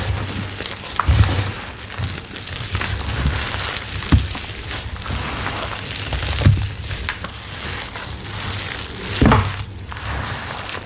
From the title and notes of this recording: Reforming my Black Hydrophobic Mixes + Black Cornstarch Crunchies. Water pouring sounds, ASMR paste play, recycled gym chalk powder.